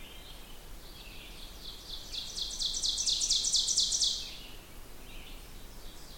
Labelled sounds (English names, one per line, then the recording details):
Ovenbird song
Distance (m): 20 m
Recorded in boreal forest in Alberta, Canada, on 16 June 2016 at 08:04
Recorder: SongMeter 3, array SBT-3-32
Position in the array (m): 144 m, 26 m
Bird 36